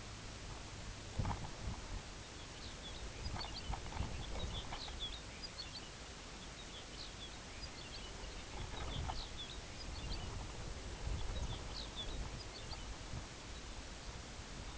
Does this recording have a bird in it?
yes